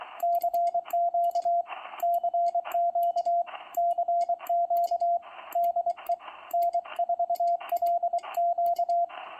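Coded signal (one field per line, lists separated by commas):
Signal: Morse code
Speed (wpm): 23 wpm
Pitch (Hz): 690 Hz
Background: radio noise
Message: CQ CQ CQ DE N4LQ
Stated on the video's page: CW from the RGO-ONE transceiver, demonstrating its CW features.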